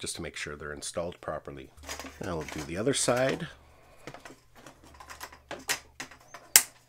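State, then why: Seated. A plastic propeller guard latch is closed around the arm of a DJI Mavic 3 drone on its second side, fitting the guard. Someone talks first, then a few quieter handling taps follow. The latch snaps shut with a sharp, loud click at 6.6 s, and the guard is seated.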